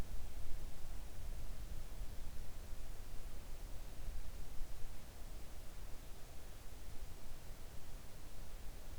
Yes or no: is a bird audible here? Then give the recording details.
no. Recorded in the Arctic National Wildlife Refuge, Alaska, on 3 August 2019 at 05:38. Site 41